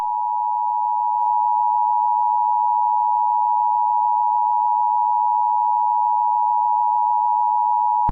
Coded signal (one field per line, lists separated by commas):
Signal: Emergency Alert System (SAME) tones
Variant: 853 and 960 Hz attention tone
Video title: EAS Scenario - Skin Walker Part One